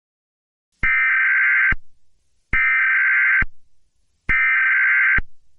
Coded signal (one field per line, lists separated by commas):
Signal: Emergency Alert System (SAME) tones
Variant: header bursts